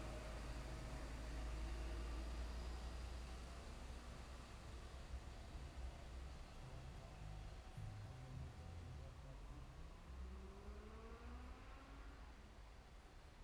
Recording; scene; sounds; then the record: everyday scene through a hearing-aid microphone; in traffic; traffic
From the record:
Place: main road on the outskirts, rush hour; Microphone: behind the ear, left, rear